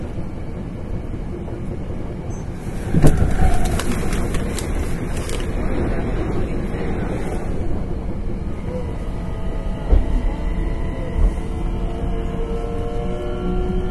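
A 9300 series express train runs along the Kyoto Line with a steady, dense low rumble throughout. Around the three-second mark a burst of clatter and bright squealing rises, and sharp clicks from the rails recur near ten and eleven seconds.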